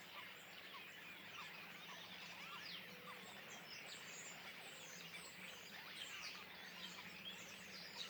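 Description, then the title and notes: Common starling flock keeps up a steady babble of clicks, chirps and thin whistles, many birds calling at once. Flock perched in trees beside the Louroux pond, Le Louroux, Indre-et-Loire, Centre-Val de Loire, France; recorded with Sennheiser MKH8020 ORTF stereo pair, Rycote, Sound Devices MixPre6 II. "Le Louroux, Loches, Indre-et-Loire, Centre-Val de Loire, France métropolitaine, 37240, France - étourneaux sansonnet dans les arbres. Nuée d'étourneaux posés dans un arbre aux abords de l'étang du louroux"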